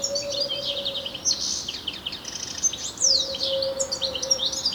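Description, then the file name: European goldfinch calls, rapid high twitters with sharp downslurred notes, over a low steady hum heard at the start and end. "Carduelis carduelis"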